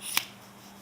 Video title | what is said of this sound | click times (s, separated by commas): Unboxing: Kiwii Selfie Stick with built-in Remote Shutter | Hear all those clicks when they get to the | 0.2 s